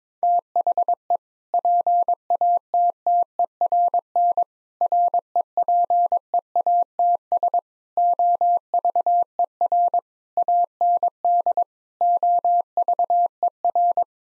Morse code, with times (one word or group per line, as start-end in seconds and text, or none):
0.2-1.2 THE
1.5-4.4 PATTERN
4.8-7.6 REPEATS
8.0-10.0 OVER
10.4-11.6 AND
12.0-14.0 OVER